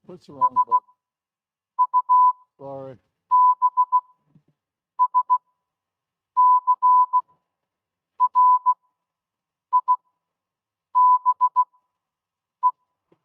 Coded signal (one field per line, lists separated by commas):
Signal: Morse code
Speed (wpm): 16 wpm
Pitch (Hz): 1000 Hz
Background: speech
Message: SUBSCRIBE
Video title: Sunday Forum 1 Hamvention 2026